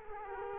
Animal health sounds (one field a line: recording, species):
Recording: mosquito wingbeat signal from an infrared sensor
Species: Culex quinquefasciatus